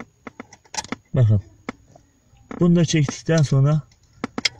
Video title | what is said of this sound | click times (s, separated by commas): HIZ SABİTLEME DEBRAJ VE FİRENDEKİ MÜŞÜRLERİN TEMİZLİĞİ VE KURULMASI VECTRA C1 2004 ELEGANCE | tık diye çıkıyor bu ve sensör geldi elimizde | 4.2 s, 4.4 s, 4.5 s